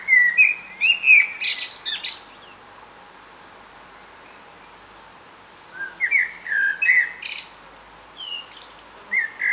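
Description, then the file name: Common blackbird song in two phrases separated by a quiet gap, each opening with rich fluted whistles and including scratchy, high-pitched chatter. "Turdus merula"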